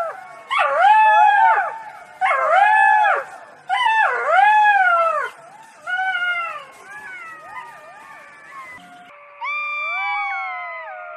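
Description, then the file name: Golden jackal giving loud, arching, wavering howls in three strong bursts, then softer warbling notes and a final long wail. "Stimme Goldschakal"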